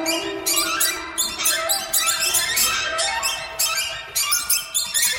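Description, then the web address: Birds in constant high-pitched squeaking chatter, sharp bright notes packed closely throughout. "soundfactory birds"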